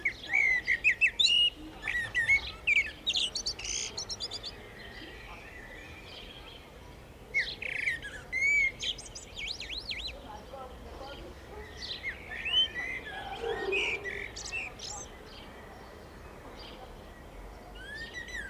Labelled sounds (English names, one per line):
Common Blackbird song